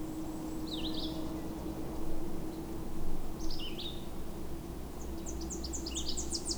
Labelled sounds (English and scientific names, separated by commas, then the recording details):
Red-eyed Vireo (Vireo olivaceus) song
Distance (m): 35 m
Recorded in boreal forest in Alberta, Canada, on 26 May 2016 at 07:07
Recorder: SongMeter 3, array SBT-3-15
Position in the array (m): 111 m, 190 m